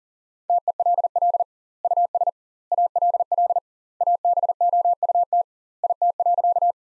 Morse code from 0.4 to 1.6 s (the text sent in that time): TELL